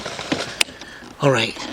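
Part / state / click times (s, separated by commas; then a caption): unnamed part into the projector headlight housing / seated / 0.6 s. During installation of black LED angel eye halo projector headlights on a 2006–2008 BMW 3 Series, an unnamed part is fitted into the projector headlight housing. A sharp, brief snap at 0.6 s marks it seating in place, with softer knocks around it. Afterward someone talks.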